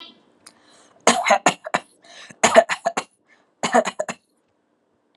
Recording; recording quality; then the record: shallow voluntary cough; excellent, no background noise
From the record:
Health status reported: recovered from COVID-19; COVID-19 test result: positive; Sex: female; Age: 38 years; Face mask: not worn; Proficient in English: yes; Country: India